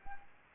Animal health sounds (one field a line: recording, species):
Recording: mosquito wingbeat signal from an infrared sensor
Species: Anopheles gambiae